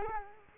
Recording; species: mosquito wingbeat signal from an infrared sensor; Culex quinquefasciatus